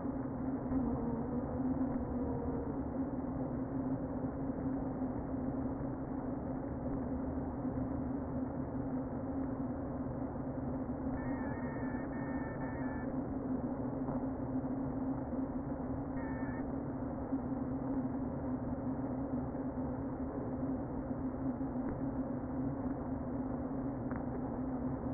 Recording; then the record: honeybee colony, microphone inside the hive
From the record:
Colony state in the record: queen present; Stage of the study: before two queens were removed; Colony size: about 60,000 bees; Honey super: yes